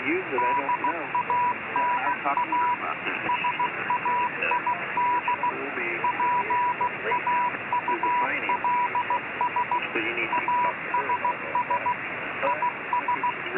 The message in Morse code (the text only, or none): DANA SAID PAULS ASS IS